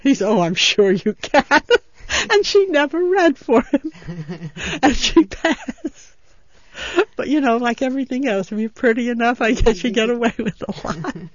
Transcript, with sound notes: He said, "Oh, I'm sure you can." And she never read for him. ( they laugh ) And she passed. But, you know, like everything else, if you're pretty enough, I guess you get away with a lot.